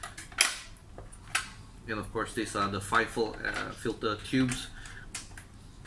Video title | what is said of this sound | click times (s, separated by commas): Unboxing MATO ALL METAL Tiger 1 RC Tank | you can open and it locks in place, so you know, you can access whatever is inside. | 0.4 s